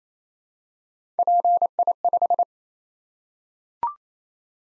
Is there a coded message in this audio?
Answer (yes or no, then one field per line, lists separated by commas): yes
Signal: Morse code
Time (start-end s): 1.2-2.4 s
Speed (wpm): 27 wpm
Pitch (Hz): 700 Hz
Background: none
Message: PI5